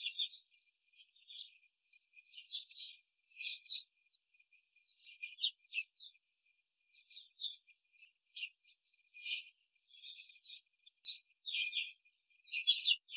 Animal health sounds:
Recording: young laying hens in a cage, short pieces joined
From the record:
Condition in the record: control cage, after the stress test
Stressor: none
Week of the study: 4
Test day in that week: 1

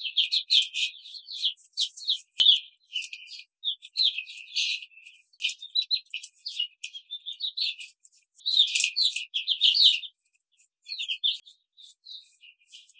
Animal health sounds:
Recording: young laying hens in a cage, short pieces joined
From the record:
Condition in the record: control cage, before the stress test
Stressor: none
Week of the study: 5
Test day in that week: 1

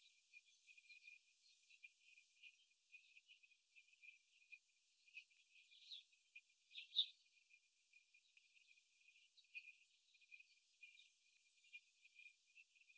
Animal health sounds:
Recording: young laying hens in a cage, short pieces joined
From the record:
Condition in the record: after the stressor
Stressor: simulated dog barking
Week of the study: 3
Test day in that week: 2

